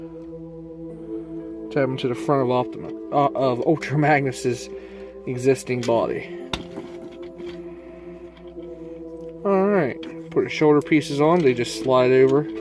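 A plastic armor piece of a Transformers Siege War for Cybertron trilogy Leader class Ultra Magnus toy is brought down and tabbed into the front of the figure's existing body. Someone talks over steady tonal background music, and a single sharp click is heard at 6.5 seconds as the armor piece seats into the torso.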